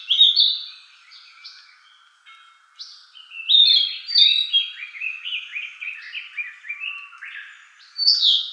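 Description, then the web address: Narcissus flycatcher singing varied whistled phrases, sliding and warbling, in bursts separated by short pauses, ending with a loud high note. 13 May 2014. "birdenaga kibitaki S 140513"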